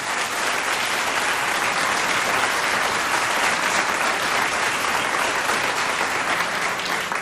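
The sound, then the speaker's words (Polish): Sustained applause from a large concert audience for an album that has reached gold record status, a dense, steady wash of clapping that stays loud and even throughout without pauses or voices standing out. “Oklaski, tak, oklaski.”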